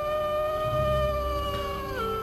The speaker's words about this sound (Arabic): وبدأ صوت الذئاب يكتر أكتر.